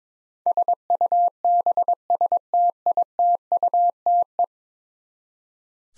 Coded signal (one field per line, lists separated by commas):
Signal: Morse code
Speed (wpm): 22 wpm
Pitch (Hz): 700 Hz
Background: none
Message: SUBSTITUTE